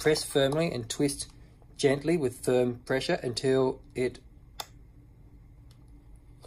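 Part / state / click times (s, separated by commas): filter cartridge onto half-face respirator bayonet mount / seated / 4.6 s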